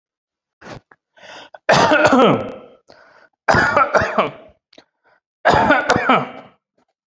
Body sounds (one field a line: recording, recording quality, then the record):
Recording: heavy voluntary cough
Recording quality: excellent, no background noise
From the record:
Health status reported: exposed to COVID-19, no respiratory illness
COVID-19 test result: negative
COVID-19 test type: RT-PCR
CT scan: taken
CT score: 5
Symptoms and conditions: none ticked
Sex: male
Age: 36 years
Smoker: yes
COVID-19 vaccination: one dose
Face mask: not worn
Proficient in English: yes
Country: India